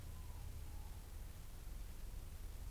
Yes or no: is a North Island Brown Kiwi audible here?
no